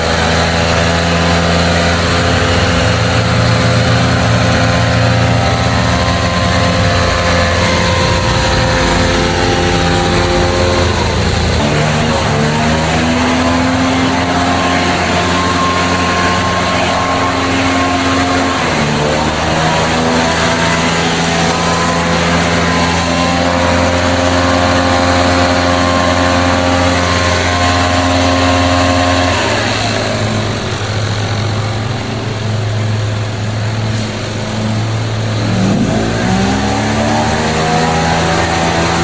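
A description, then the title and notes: Lawn crews run small engines outside, a loud, steady droning hum. The pitch keeps dipping and climbing as the motors rev down and up, most noticeably around 11, 18, 29 and 36 seconds, with a steady hiss underneath. Lawn Guys. Recorded by Dan Bodah outside Dorchminster House, Brooklyn, June 2009.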